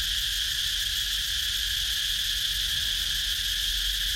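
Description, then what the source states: Insects in a steady, unbroken high-pitched chorus, two bright bands sustained throughout without pause. Recorded in Ha Giang, Vietnam, at 21h (night).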